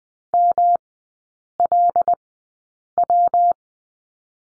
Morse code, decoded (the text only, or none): MLW